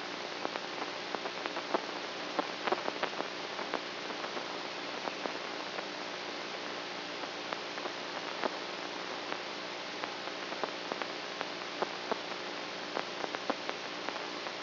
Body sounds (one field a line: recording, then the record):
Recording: brain microelectrode recording played as sound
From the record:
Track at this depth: inside the subthalamic nucleus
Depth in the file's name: 2.503 mm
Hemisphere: right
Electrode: 3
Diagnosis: Parkinson's disease